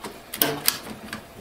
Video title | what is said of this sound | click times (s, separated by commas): Canon MAXIFY MB2020 Unboxing & Setup MP4 | clicks into place click Next now once I am and | 0.4 s, 0.7 s